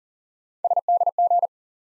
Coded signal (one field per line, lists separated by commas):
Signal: Morse code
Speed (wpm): 40 wpm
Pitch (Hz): 700 Hz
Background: none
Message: SDG